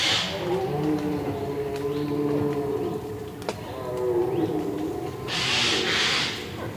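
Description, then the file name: Eurasian jay calls: two harsh, rasping screeches, one at the start and a longer one near the end, over a background of low droning tones. "Garrulus glandarius"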